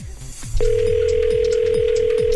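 A phone line rings out on an outgoing prank call on the Panda Show, dialed to a mobile from a private line: after a brief moment of background noise, a steady mid-pitched tone starts and holds unbroken, with soft low thumps recurring beneath it.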